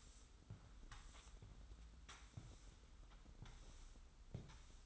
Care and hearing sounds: daily activity, microphone in the room; sweep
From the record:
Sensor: 3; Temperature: 25.5 degrees Celsius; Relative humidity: 43.4%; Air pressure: 990.4 hPa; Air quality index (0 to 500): 196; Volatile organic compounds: 1000 ppm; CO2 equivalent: 6413 ppm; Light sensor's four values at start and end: 36/86/35/33 and 43/98/41/39

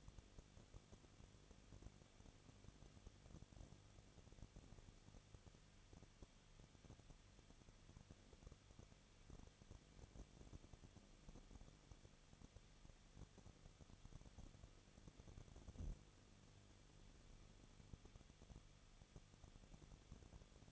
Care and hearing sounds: daily activity, microphone in the room; no activity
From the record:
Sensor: 4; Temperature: 23.1 degrees Celsius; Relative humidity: 34.2%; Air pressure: 1007.1 hPa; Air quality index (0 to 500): 217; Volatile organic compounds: 15 ppm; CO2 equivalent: 2504 ppm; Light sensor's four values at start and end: 2/3/1/1 and 2/3/1/1

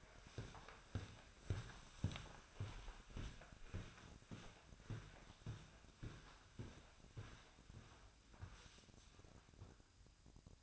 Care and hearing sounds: daily activity, microphone in the room; walk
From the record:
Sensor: 2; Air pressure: 1009.2 hPa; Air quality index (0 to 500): 178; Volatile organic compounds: 2 ppm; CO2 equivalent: 1302 ppm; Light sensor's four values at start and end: 49/128/55/61 and 48/125/54/59

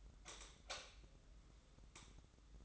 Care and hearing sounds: daily activity, microphone in the room; light off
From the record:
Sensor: 3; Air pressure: 995.4 hPa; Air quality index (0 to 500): 84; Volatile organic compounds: 7 ppm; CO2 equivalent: 2030 ppm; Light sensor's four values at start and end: 12/31/12/12 and 9/22/9/9

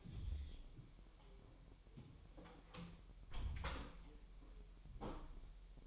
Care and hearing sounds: daily activity, microphone in the room; close door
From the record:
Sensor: 1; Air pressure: 1001.2 hPa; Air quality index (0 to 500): 249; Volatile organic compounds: 145 ppm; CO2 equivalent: 4001 ppm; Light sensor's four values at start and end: 9/22/9/9 and 10/24/10/10

